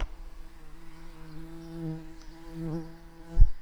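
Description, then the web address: Garden bumblebee buzzing, a steady low droning hum rich in overtones that wavers slightly in pitch, ending with a brief soft thump. Queen garden bumblebees. "bumblebees Hortorum-queens"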